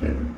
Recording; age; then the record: pig call; growing-finishing pig (85 days or more)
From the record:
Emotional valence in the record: negative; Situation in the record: barren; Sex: female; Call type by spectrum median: low-frequency call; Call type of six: low-frequency stable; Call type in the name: low-frequency stable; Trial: 3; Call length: 0.37 s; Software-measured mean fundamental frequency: 60 Hz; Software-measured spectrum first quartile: 75 Hz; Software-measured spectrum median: 191 Hz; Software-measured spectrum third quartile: 364 Hz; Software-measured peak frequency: 232 Hz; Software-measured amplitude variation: 115 dB a second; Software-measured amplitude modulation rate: 28.3 a second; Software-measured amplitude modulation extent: 4.1 dB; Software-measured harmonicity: -3.8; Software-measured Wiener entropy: -0.57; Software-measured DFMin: 1312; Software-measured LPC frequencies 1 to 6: 338, 1592, 2309, 4905, 5838, 6699 Hz